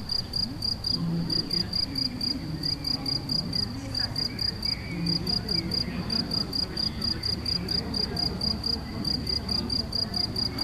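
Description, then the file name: Cricket calling with rapid high-pitched pulses in steady trains, broken by short gaps, over a low continuous rumble. Crickets recorded in Galicia on 24 May 2014 with an MZ-N710 recorder. "MZ-N 710 Grillons la Galicia re 24 05 14"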